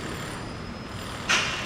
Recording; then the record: background sound without coughing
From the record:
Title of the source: 30 MINUTES Construction Site Ambience (CC BY 4.0)